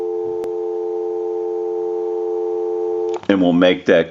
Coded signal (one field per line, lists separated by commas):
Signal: telephone call progress tone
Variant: North America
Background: speech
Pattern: dial tone